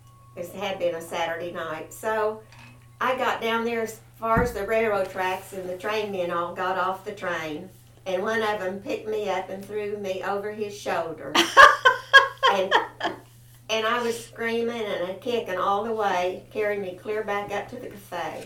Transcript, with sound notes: this had been a Saturday night, so I got down there as far as the railroad tracks and the train men all got off the train and one of them picked me up and threw me over his shoulder. (Laughter) And I was screaming and a kicking all the way carrying me clear back up to the café.